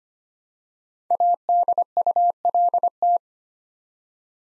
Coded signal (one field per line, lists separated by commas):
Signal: Morse code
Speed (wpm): 25 wpm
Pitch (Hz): 700 Hz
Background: none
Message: ADULT